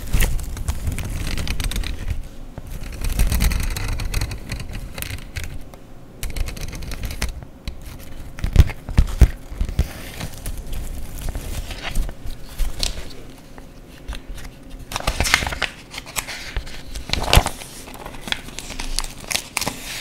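Paper is cut with scissors, torn and crumpled in a busy, irregular stream of crackling and snipping. Louder bursts of rustling flare around 3 seconds, 15 seconds and 17 seconds, with a few sharp clicks near 8 and 9 seconds, over a faint low rumble.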